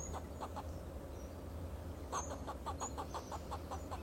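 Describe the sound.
Fox squirrel giving a rapid series of short clucking notes over a steady low hum, with faint high chirps.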